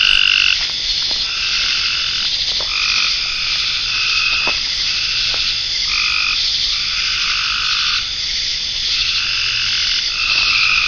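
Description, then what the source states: Frogs giving several short buzzy trills over a steady, loud insect drone. Frogs in ponds near a pond in a forest wildlife management area, with crickets and cicadas.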